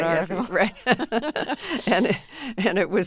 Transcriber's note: laughter